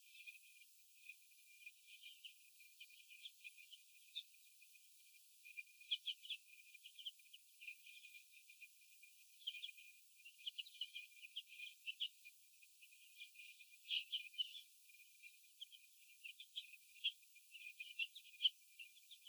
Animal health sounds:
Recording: young laying hens in a cage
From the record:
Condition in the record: before the stressor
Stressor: sudden umbrella opening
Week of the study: 2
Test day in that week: 1

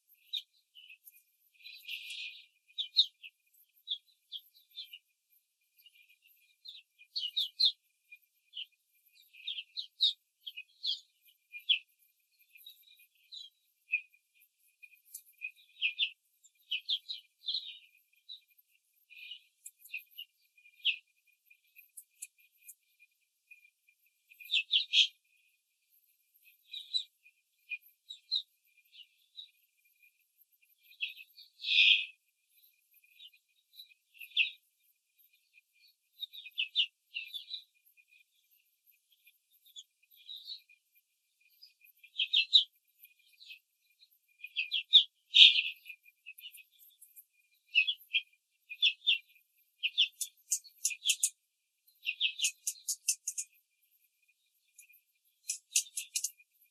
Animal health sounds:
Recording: young laying hens in a cage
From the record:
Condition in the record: control cage, before the stress test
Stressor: none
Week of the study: 4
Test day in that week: 3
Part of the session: 1

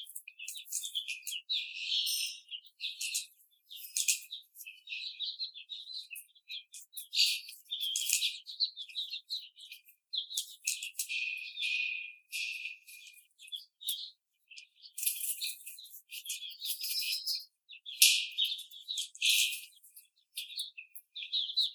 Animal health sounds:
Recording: young laying hens in a cage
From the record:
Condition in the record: after the stressor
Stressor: simulated dog barking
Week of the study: 4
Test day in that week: 2

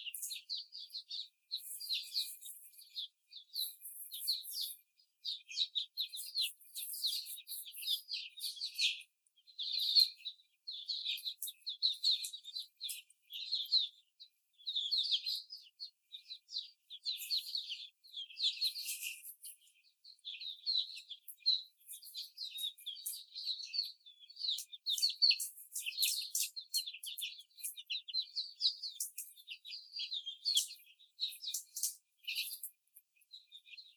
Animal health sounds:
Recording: young laying hens in a cage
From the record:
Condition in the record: before the stressor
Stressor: simulated dog barking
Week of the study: 4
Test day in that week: 1

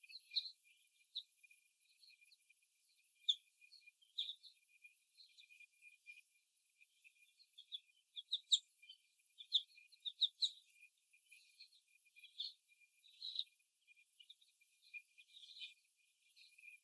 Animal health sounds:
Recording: young laying hens in a cage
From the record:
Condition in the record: after the stressor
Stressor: simulated dog barking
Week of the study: 1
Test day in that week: 1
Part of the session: 3

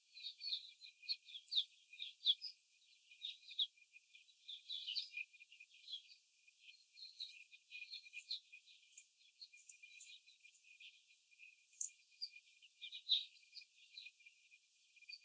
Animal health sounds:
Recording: young laying hens in a cage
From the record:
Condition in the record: after the stressor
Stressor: simulated dog barking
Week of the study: 4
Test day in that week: 3

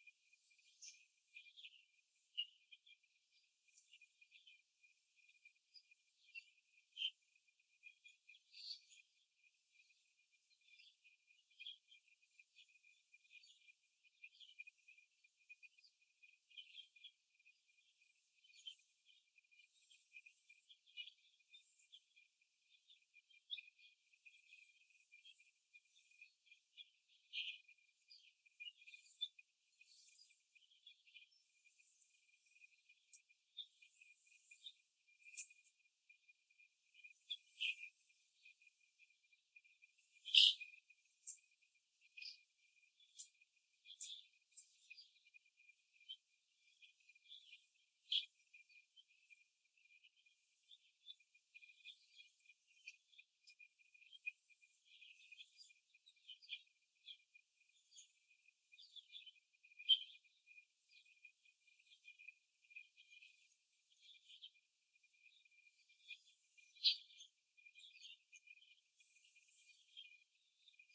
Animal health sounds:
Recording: young laying hens in a cage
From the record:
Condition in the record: after the stressor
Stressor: simulated dog barking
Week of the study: 2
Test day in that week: 2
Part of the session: 2

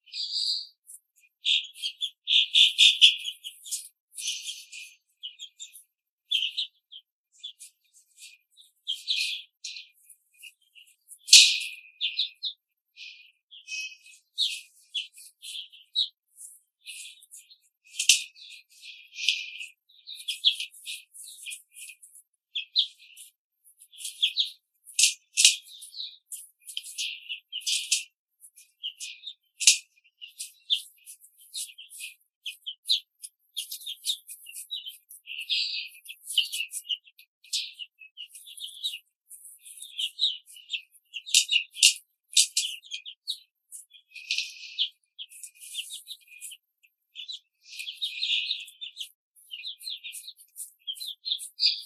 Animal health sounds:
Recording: young laying hens in a cage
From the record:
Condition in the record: control cage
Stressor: none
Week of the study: 5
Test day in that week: 1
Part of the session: 2

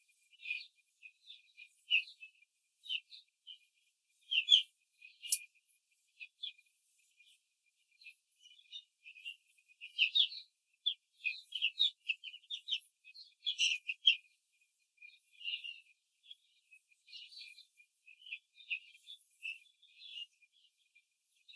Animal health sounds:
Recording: young laying hens in a cage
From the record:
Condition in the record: control cage, after the stress test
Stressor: none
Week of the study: 4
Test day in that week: 1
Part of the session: 4

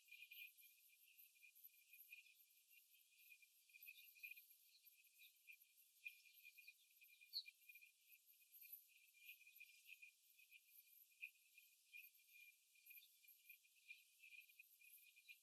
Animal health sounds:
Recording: young laying hens in a cage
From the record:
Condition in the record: after the stressor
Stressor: simulated dog barking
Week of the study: 3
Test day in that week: 2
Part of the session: 1

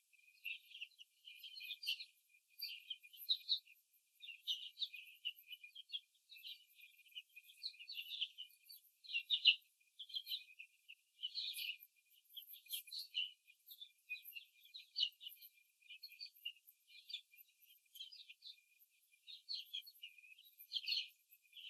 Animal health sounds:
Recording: young laying hens in a cage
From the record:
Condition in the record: before the stressor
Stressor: simulated dog barking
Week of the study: 3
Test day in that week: 1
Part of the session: 3

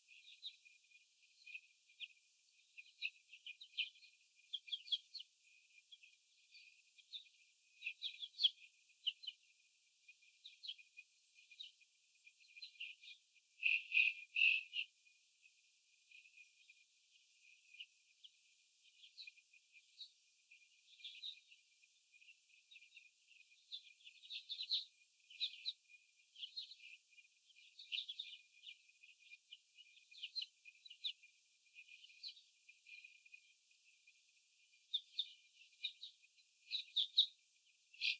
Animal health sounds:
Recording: young laying hens in a cage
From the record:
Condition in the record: after the stressor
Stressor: sudden umbrella opening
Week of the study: 3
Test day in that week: 2

